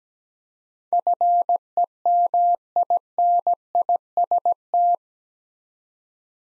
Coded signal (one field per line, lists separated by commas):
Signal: Morse code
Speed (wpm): 17 wpm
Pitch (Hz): 700 Hz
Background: none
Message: FEMINIST